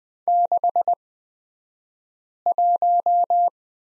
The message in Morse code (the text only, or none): 61